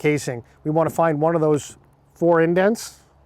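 A metal snap ring is being handled at the top of an irrigation sprinkler rotor casing, about to be pushed into one of the four indents there to hold the new bearing guide. Someone talks throughout, with quiet pauses between phrases. Nothing has seated or clicked yet.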